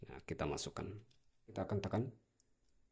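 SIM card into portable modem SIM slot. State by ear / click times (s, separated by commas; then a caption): seated / 2.4 s. A SIM card, lined up in the correct direction, is pushed into the SIM slot of a HI-NET MF905C Pro 6000mAh portable modem power bank while someone talks. After the talking stops, a sharp, short tick at 2.4 s marks the card clicking and latching into the slot.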